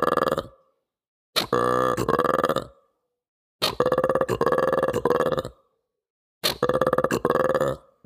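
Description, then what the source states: Mantled guereza giving deep, guttural, croaking burp-like bursts, each over a second long with rapid pulsing, three bursts plus the tail of another at the start, with silent gaps between. Very guttural, croaky, almost burp-like vocalization resembling a frog; recorded in real time, not pitched down.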